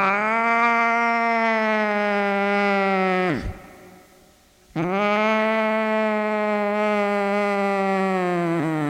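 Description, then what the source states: Cat giving long, drawn-out yowls: a steady harmonic wail of about three seconds that drops away, then after a short pause another long wail holding to the end. A cat named Sunshine.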